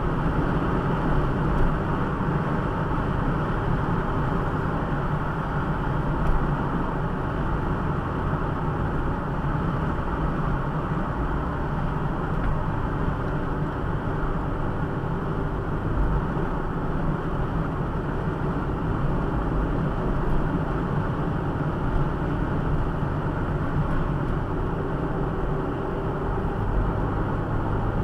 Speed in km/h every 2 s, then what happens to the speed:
89, 92, 93, 88, 85, 82, 77, 74, 73, 72, 72, 71, 71, 77.
0-5 steady at about 92. 5-17 slows to 72. 17-25 steady at about 71. 25-28 speeds up to 77.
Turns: none.